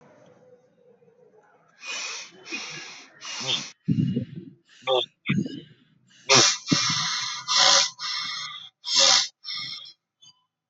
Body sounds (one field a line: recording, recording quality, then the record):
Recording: shallow breathing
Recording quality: excellent, no background noise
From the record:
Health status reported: healthy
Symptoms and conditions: none ticked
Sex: male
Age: 25 years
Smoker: not ticked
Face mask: not worn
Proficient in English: yes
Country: India